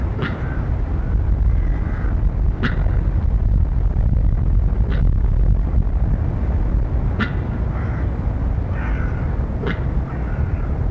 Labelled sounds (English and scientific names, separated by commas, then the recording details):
Black Wildebeest (Connochaetes gnou) call
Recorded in captivity
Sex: male
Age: adult
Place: Tierpark Berlin, Berlin, DE
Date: 1961-12-02 15:00
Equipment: Minifon, Kopie Smaragd
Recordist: Tembrock, Günter